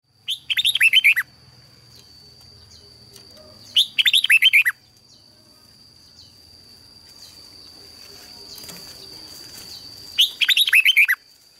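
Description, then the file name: Red-whiskered bulbul singing three brief warbled phrases spaced several seconds apart, with hissy background noise building between them. "Tieng chao mao hot"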